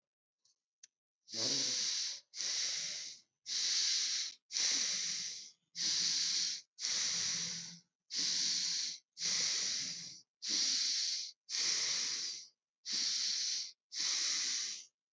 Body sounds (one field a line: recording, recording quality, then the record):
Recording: shallow breathing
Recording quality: excellent, no background noise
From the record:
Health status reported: COVID-19 positive, mild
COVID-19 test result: positive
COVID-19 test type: RT-PCR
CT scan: not taken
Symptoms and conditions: cough, cold, fever, fatigue, muscle pain, loss of smell and taste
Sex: male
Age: 27 years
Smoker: no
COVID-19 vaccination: both doses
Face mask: not worn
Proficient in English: yes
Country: India